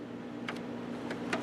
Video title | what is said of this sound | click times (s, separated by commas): Ink Supply System-CIS-CISS for Epson 1430 Artisan Printer | Now it's clicked in. | 0.5 s, 1.3 s